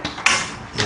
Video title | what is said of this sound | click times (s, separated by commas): Kobalt 28-inch Garage Wall Cabinet (Review & Overview) | that notice the bottom is latching at the top now the top latches | 0.3 s